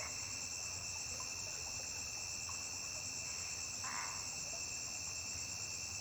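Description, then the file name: Cricket trilling continuously at a high pitch, with one brief lower burst midway. A single high-pitched cricket singing by a riverbank. "Grilo agudo isola cantando beira de rio"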